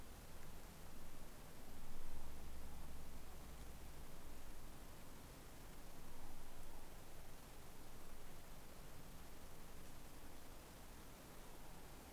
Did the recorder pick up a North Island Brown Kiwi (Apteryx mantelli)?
no